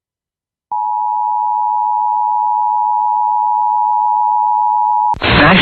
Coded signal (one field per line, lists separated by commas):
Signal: Emergency Alert System (SAME) tones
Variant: 853 and 960 Hz attention tone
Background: speech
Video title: A Horrible Relay Of A GSP SVR + VA SVR EAS #678-679